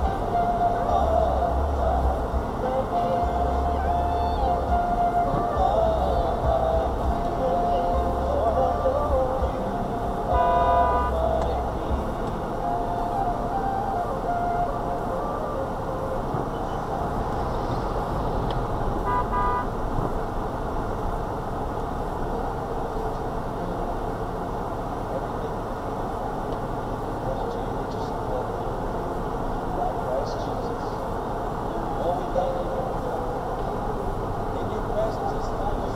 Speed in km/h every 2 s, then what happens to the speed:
0, 0, 0, 3, 3, 3, 3, 3, 8, 6, 5, 3, 2, 2, 3, 2, 3, 5.
0-4 standing. 4-23 steady at about 3. 23-31 standing.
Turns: none.